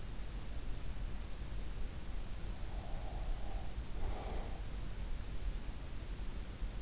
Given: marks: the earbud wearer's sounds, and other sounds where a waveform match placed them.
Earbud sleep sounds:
sounds in sleep by an in-ear microphone; breath
2.01-4.90 s: breath

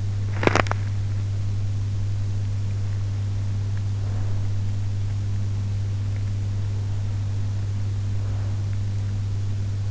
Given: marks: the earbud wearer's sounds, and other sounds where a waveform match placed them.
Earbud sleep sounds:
sounds in sleep by an in-ear microphone; teeth grinding
0.00-1.19 s: teeth grinding

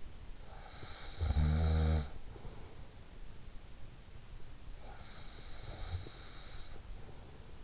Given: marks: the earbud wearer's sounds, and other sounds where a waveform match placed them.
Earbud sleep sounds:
sounds in sleep by an in-ear microphone; snoring breath
0.50-2.88 s: snoring breath
4.80-7.64 s: snoring breath

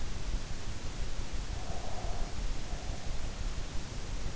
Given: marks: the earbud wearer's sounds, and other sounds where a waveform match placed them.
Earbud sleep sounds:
sounds in sleep by an in-ear microphone; breath
1.40-3.38 s: breath

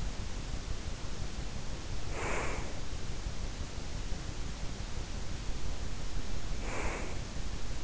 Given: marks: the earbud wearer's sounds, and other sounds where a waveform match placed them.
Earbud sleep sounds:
sounds in sleep by an in-ear microphone; breath
1.96-2.97 s: breath
6.38-7.45 s: breath

